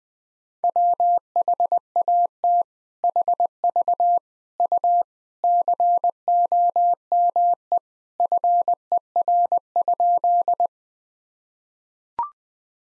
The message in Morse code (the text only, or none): WHAT HV U COME FER?